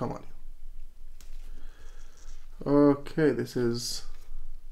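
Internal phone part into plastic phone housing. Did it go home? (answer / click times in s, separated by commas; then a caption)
no / none. An internal part of a Nokia 6290 mobile phone is handled and pressed toward its plastic housing during reassembly, with faint handling noises while someone talks. Nothing has seated or clicked into place yet.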